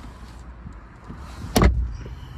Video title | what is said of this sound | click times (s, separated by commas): SOFT TOP REMOVAL MIATA MX-5 MAZDA MX5 MIATA GRAND TOURING HOW TO PUT SOFT TOP BACK 2024 ND3#ND3#MX5 | locked in place | 1.6 s